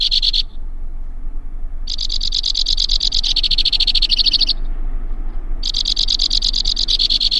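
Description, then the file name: White-winged crossbill song: long runs of rapid trills that change pace several times, with short gaps. "suara kicauan burung white winged crossbill. omkicau"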